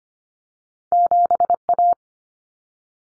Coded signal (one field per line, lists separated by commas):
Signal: Morse code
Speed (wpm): 25 wpm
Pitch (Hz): 700 Hz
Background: none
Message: 7A